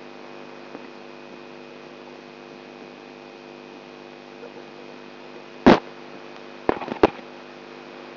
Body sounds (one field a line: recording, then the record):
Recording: brain microelectrode recording played as sound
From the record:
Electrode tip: outside the subthalamic nucleus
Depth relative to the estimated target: 4 mm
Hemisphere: right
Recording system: AlphaMap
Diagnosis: Parkinson's disease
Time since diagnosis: 13 years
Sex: female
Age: 63 years